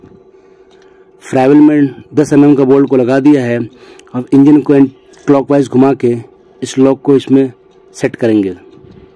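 A steel timing lock pin is being set into the engine timing hole of a Tata Ace CNG while the engine is to be turned clockwise during tappet clearance setting. A man talks throughout with a steady low hum underneath, and a brief soft tap is heard at 0.8 s. Nothing has seated or clicked yet.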